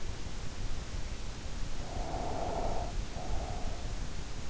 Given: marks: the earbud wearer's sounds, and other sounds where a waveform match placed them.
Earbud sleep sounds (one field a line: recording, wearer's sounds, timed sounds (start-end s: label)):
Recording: sounds in sleep by an in-ear microphone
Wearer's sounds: breath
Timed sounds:
1.32-3.90 s: breath